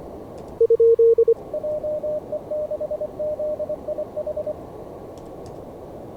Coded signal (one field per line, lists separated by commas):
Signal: Morse code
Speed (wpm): 24 wpm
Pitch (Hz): 610 Hz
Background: none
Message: JE6ZIH